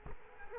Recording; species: mosquito wingbeat signal from an infrared sensor; Culex quinquefasciatus